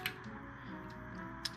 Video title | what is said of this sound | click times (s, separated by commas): Making a Puzzle Cube From Scratch! | So you kind of got to readjust them. You got to pop all these back in. | 0.1 s, 1.5 s